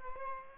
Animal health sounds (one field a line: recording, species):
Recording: mosquito wingbeat signal from an infrared sensor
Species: Aedes albopictus